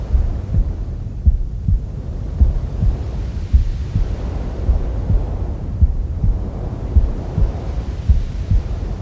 Womb Sounds with Mother's Heartbeat. Try our calming sleep sounds to help your baby sleep faster.